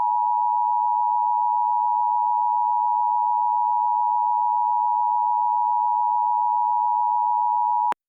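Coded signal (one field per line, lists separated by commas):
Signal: Emergency Alert System (SAME) tones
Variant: 853 and 960 Hz attention tone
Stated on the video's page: Fictional EAS tones in an audio drama scenario.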